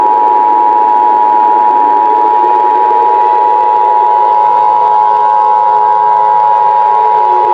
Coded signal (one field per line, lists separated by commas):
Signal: Emergency Alert System (SAME) tones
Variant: 853 and 960 Hz attention tone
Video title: Dust Bowl in LA EAS scenario ￼